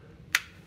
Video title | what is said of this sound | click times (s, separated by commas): SURVIVE! Sheath Features | get to that positive click and then you'll know it's retained | 0.3 s